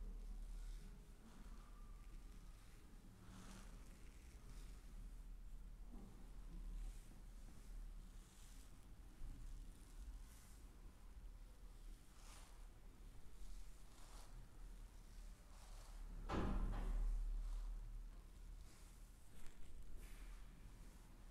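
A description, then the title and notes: A chair massage with soft rubbing and brushing strokes over a low rumble, with scattered taps and a louder knock around seventeen seconds. Calming chair massage ASMR head, scalp, neck, hand and arms massage.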